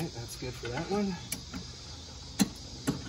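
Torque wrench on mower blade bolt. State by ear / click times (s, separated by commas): torque reached / 2.4 s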